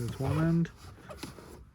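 Someone talks while handling the plastic cabin air filter cover of a 2015-2020 Honda Fit, working its second end toward the filter housing behind the glovebox. After the speech come soft handling noises with a brief light tap near 1.2 s. Nothing has seated or clicked yet.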